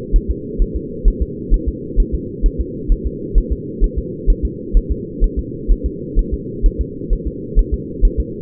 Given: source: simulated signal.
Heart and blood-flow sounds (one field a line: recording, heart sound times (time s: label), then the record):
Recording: fetal heart sounds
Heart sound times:
0.16 s: S1
0.31 s: S2
0.62 s: S1
0.76 s: S2
1.08 s: S1
1.22 s: S2
1.54 s: S1
1.69 s: S2
2.00 s: S1
2.15 s: S2
2.46 s: S1
2.61 s: S2
2.92 s: S1
3.06 s: S2
3.38 s: S1
3.52 s: S2
3.84 s: S1
3.99 s: S2
4.30 s: S1
4.45 s: S2
4.77 s: S1
4.91 s: S2
5.24 s: S1
5.39 s: S2
5.72 s: S1
5.86 s: S2
6.19 s: S1
6.34 s: S2
6.66 s: S1
6.81 s: S2
7.13 s: S1
7.27 s: S2
7.59 s: S1
7.74 s: S2
8.05 s: S1
8.20 s: S2
From the record:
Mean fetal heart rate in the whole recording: 130 bpm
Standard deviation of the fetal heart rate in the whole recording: 2 bpm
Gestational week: 38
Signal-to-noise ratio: -4.1 dB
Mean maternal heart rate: no maternal heart sound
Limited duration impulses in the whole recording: absent